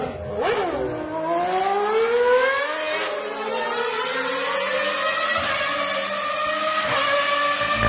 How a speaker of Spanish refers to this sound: Vamos entonces acelerando, vamos acelerando, muchachos, aquellos que están conduciendo, esto es Fórmula.